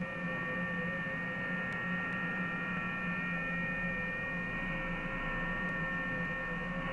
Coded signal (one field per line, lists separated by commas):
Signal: FT8